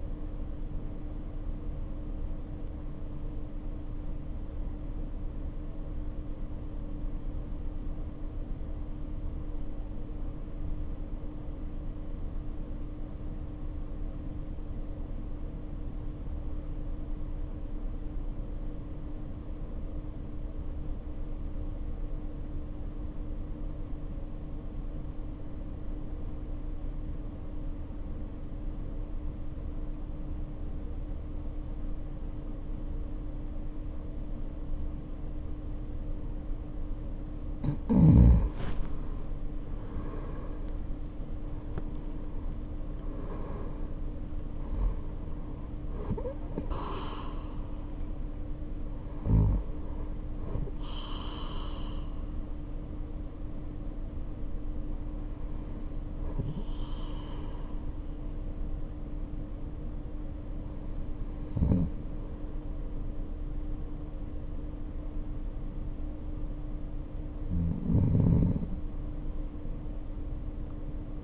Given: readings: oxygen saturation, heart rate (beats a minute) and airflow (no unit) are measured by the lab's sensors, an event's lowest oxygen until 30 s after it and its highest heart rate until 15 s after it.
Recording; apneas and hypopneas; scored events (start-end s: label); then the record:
breathing in sleep by a smartphone at the bedside; 1
4.00-37.80 s: obstructive apnea (N2, oxygen 91% highest, then 73% lowest, heart rate 55 at the start, 77 highest)
5.00-71.24 s: new sleep stage, REM sleep
From the record:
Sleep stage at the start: N2 (light sleep); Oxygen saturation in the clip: 73 to 91%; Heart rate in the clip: 44 to 77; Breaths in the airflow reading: 12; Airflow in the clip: -0.8 to 1.1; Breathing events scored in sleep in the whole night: 520 in 7.2 hours asleep